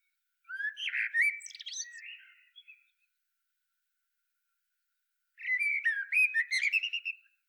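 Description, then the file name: Quieter Eurasian blackbird song, two phrases of soft fluted warbling mixed with thin high twitters, separated by about three seconds of silence. "Turdus merula"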